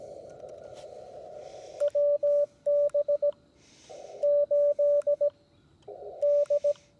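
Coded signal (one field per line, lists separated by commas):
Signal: Morse code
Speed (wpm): 17 wpm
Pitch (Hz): 580 Hz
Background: none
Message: WB8D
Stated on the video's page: CW copy practice from a portable field station using a Xiegu G90 with an EFHW antenna.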